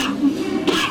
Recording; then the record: coughing mixed with background sound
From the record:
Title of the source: 64 coughing, allergies, singing lungs